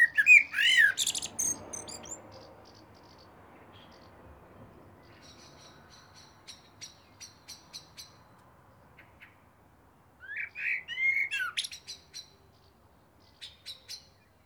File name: Turdus merula